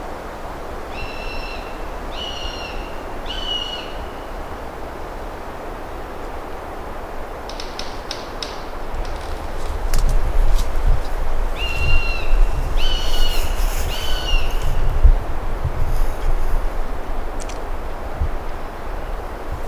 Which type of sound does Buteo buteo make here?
call